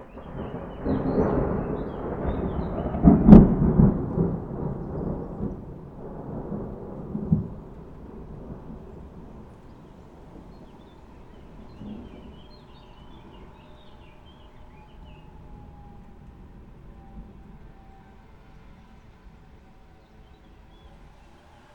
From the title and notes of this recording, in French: L'Orage. Dans nos oreilles : les voitures qui passent dans la rue. Les voitures qui passent dans la rue. Le tonnerre. le vent dans le micro. Les oiseaux. La pluie.